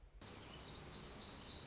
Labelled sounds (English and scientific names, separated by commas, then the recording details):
Black-throated Gray Warbler (Setophaga nigrescens)
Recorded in Sonoma County, California